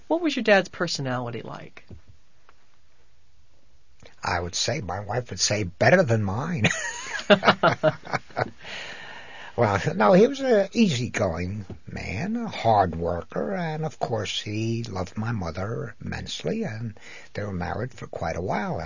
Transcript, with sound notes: What was your dad's personality like?
I would say, my wife would say better than mine. ( they laugh ) No, he was an easygoing man, a hard worker. And, of course, he loved my mother immensely and they were married for quite a while.